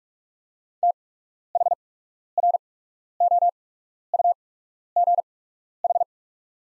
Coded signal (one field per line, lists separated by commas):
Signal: Morse code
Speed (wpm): 44 wpm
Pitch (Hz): 700 Hz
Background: none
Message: THROUGH